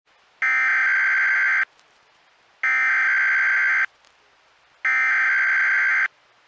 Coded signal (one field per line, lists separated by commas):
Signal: Emergency Alert System (SAME) tones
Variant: header bursts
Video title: EAS 2x Tornado Warning/Severe Thunderstorm Warning Southern Ontario Weather Radio Canada